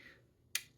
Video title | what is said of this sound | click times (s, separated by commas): MAKEUPDATE - Trip haul, recent empties, beauty bank update - it's pretty chaotic! | yeah and it just snaps right in doesn't fall out so it's I mean | 0.5 s